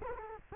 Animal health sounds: mosquito wingbeat signal from an infrared sensor; Culex quinquefasciatus

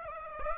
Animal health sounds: mosquito wingbeat signal from an infrared sensor; Aedes aegypti

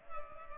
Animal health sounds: mosquito wingbeat signal from an infrared sensor; Culex pipiens

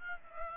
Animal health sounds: mosquito wingbeat signal from an infrared sensor; Aedes aegypti

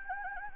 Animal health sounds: mosquito wingbeat signal from an infrared sensor; Anopheles gambiae

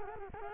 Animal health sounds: mosquito wingbeat signal from an infrared sensor; Culex quinquefasciatus

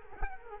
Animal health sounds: mosquito wingbeat signal from an infrared sensor; Culex quinquefasciatus

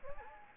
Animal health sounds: mosquito wingbeat signal from an infrared sensor; Anopheles arabiensis

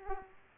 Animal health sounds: mosquito wingbeat signal from an infrared sensor; Aedes aegypti

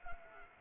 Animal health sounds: mosquito wingbeat signal from an infrared sensor; Anopheles arabiensis

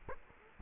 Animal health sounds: mosquito wingbeat signal from an infrared sensor; Culex quinquefasciatus

